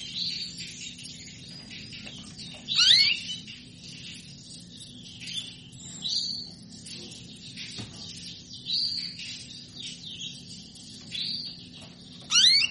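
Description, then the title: Belgian canary song in scattered bursts: short high twittering phrases and sweeping chirps separated by quieter gaps, with faint chirping in the background. Song to stimulate canaries into singing; described as a female asking to mate. "Canto Para Esquentar Canário Belga. Suara burung kenari betina minta kawin"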